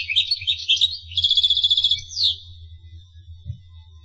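Finch giving a quick phrase of chirps into a rapid trill and a downslurred ending note, then quiet with a low hum.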